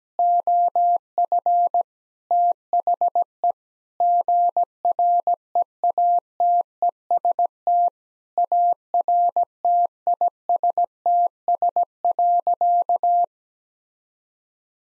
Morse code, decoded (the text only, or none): OF THE GREATEST ARTISTS.